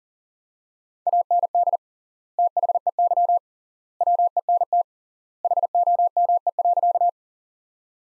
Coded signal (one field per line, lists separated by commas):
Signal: Morse code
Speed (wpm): 40 wpm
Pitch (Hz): 700 Hz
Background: none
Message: AND THEY WENT HOME.